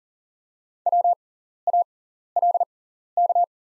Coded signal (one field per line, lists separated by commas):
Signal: Morse code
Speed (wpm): 37 wpm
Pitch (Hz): 700 Hz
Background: none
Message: WALK